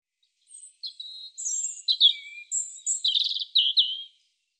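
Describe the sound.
European robin song with a string of contrasting phrases, including high piping notes, short slurs and a rapid trill, on a silent background.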